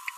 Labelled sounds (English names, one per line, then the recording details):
Green-rumped Parrotlet babbling
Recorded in a nest box in Venezuela
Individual 18B25A3